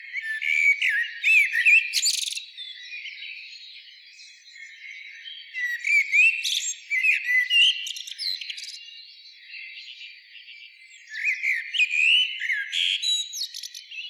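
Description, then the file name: Common blackbird singing three rich warbling phrases, each closing with sharp, high scratchy notes, spaced a few seconds apart over a faint continuous high background tone. "Turdus merula"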